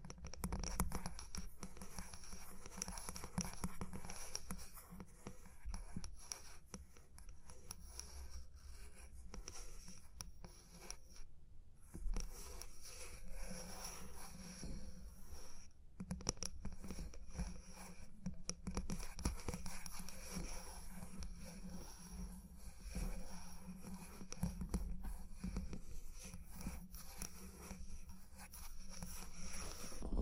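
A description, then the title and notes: Tapping and scratching sounds run through the whole half minute as a dense, uneven stream of small clicks and scrapes. The level stays fairly steady, with a few brief drops near 11 and 16 seconds and a low steady hum underneath throughout. Tapping and Scratching (No Talking).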